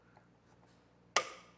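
A roof rack torque tool tightens the tower claw bolt of a Thule WingBar Evo roof rack on a 2024 Ford Edge roof. After a faint tick at 0.2 s, the tool gives a loud, sharp pop at 1.2 s with a short ringing decay, showing the bolt has reached its set torque. The claw bolt is confirmed torqued down to spec.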